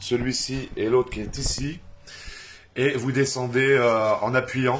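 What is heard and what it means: A Peugeot 206 door window glass is lowered by hand onto the two white clips of the window regulator lifter and pressed down, while someone talks throughout. The glass has not yet seated or clicked into the clips.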